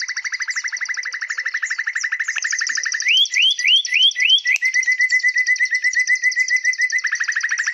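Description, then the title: Leafbird with a rapid chattering trill, five loud rising slurred whistles, then a quick even run of chirps and more trilling. "CUCAK IJO"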